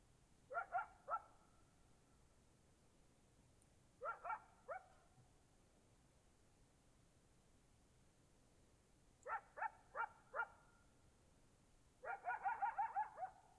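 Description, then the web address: Coyote yipping: four short bursts of three to seven rapid, harsh yelps separated by quiet gaps of about one and a half to four and a half seconds, over a faint low hum. "sonniss gdc audio. coyotes-2015"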